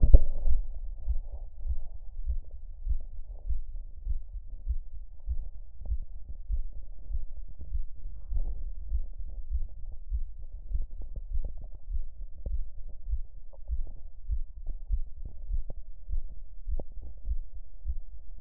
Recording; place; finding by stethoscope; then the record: heart sounds by stethoscope; tricuspid valve (TV); normal heart sounds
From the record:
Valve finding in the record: tricuspid regurgitation, grade 1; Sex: male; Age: 44 years